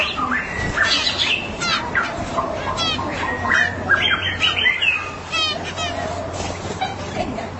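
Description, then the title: Magpie-robin or shama song of varied whistles and harsh buzzy notes mixed with rapid clicking trills, continuous over a low background hum. "BM Suara Burung Murai"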